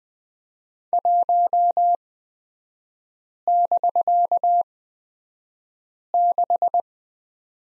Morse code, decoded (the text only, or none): 1<BK>6